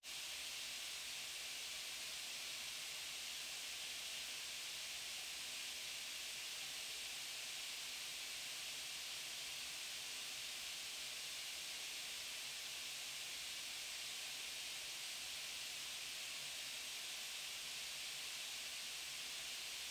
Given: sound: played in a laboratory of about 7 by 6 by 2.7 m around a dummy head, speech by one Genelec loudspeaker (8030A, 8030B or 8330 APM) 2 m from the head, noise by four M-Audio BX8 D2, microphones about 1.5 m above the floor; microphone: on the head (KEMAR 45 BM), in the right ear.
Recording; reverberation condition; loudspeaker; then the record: white noise; medium; four, about 170 cm from the corners of the room and facing them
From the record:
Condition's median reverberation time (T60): about 510 ms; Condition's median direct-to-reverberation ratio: about -0.5 dB